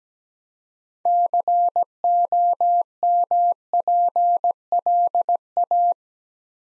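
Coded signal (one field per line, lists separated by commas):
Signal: Morse code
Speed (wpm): 17 wpm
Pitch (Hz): 700 Hz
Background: none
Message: COMPLA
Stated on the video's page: Computer-generated Morse practice for beginners moving to words, copying 8-letter words three letters at a time at 17 wpm, building instant character recognition.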